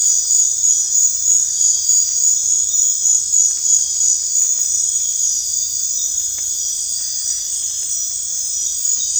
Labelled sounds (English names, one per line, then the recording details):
none
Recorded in dense forest near Puerto Asís, Putumayo, Colombia, on 22 December 2024 at 23:30
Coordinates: 0.468, -76.322
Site G071